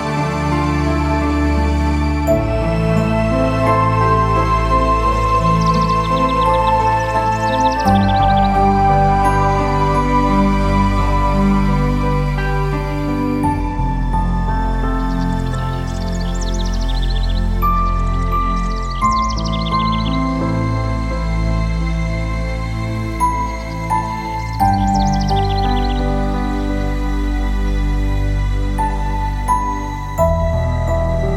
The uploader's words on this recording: Morning Meditation (Birdsong). Soothing and relaxing music and bird song.